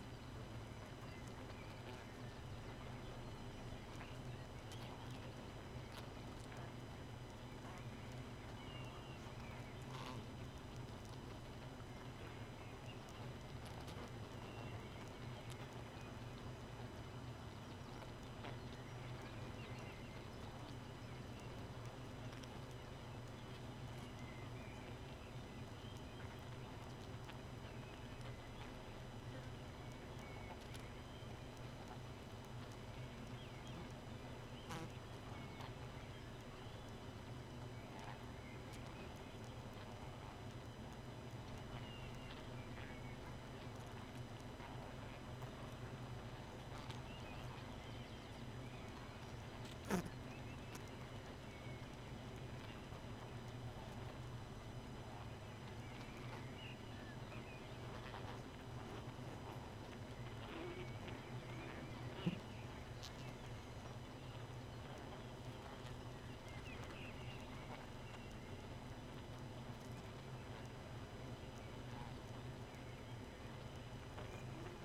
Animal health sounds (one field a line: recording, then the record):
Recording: honeybee colony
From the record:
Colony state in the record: missing queen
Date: 31 May 2018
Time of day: 2:56